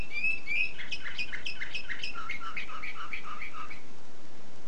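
Canary song: a couple of sharp whistled notes followed by a quick descending series of repeated chirping syllables, over constant background hiss.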